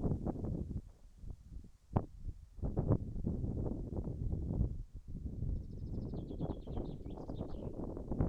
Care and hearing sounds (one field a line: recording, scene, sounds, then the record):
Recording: everyday scene through a hearing-aid microphone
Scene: wind on the microphone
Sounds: wind, birds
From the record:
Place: in front of a rural house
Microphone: behind the ear, right, front